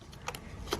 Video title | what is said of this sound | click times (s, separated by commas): 2005-2011 3.6L Cadillac STS - Ignition Coil Replacement | and reconnect it hear the click noise | 0.7 s